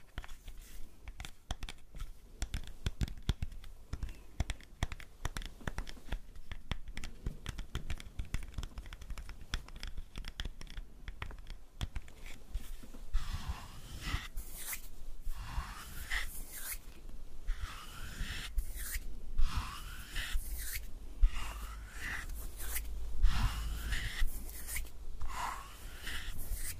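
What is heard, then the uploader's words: A blade carves through soap in quick, dense scratching strokes, a steady stream of crisp scrapes and ticks for the first half. After about twelve seconds the strokes turn longer and brighter, rasping shaves every second or two, with soft low thumps underneath. ASMR Soap Carving. Relaxing soap cutting sounds.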